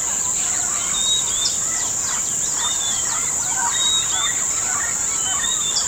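Many birds chirping and whistling at once, a dense scatter of short notes over a steady high-pitched hiss.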